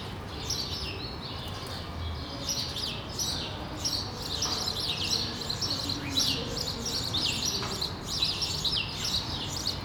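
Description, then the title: Sparrow chirping, a busy chorus of short overlapping chirps throughout, over a steady low background hum. Several sparrows on a street in Brussels, Belgium, recorded for World Sparrow Day with Lom mikroUši microphones into a Deity PR-2 recorder. "Rue de l'épargne, Bruxelles, Bruxelles-Capitale, Belgique - World Sparrow Day"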